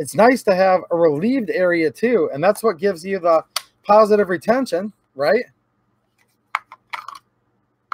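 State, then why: Seated. Someone talks, then a Taurus G3 9mm pistol is pushed into a molded Forged Tec Kydex holster, with a few light handling taps around 6.5–7.1 s. A sharp, gentle click at 7.9 s marks the retention engaging, from the holster's relieved area that gives positive retention, and the pistol is seated.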